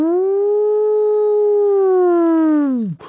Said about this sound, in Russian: Испуганный резким шумом, Додо подскочил и вцепился в рукоятку пожарной сирены. Она пронзительно и тревожно завыла.